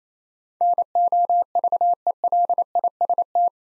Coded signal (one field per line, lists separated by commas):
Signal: Morse code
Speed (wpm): 28 wpm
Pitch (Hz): 700 Hz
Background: none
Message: NOVELIST